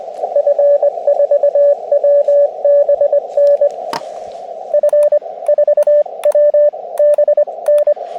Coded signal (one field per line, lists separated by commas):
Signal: Morse code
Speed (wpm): 24 wpm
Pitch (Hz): 590 Hz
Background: radio noise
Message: F4WBN F 4W BN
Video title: Overlook Mountain SOTA